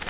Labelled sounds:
Grace's Warbler (Setophaga graciae) flight call

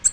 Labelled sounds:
Nashville Warbler (Leiothlypis ruficapilla) flight call

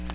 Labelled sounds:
Nashville Warbler (Leiothlypis ruficapilla) flight call

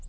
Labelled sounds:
Colima Warbler (Leiothlypis crissalis) flight call

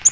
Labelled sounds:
Yellow-rumped Warbler (Setophaga coronata) flight call

